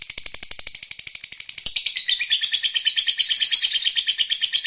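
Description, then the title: Lovebird chattering, a fast run of shrill, buzzy pulses that grows louder partway through. "Suara Lovebird"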